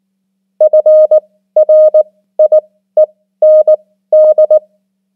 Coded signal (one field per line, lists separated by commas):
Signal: Morse code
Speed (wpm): 19 wpm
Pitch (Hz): 620 Hz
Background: none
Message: FRIEND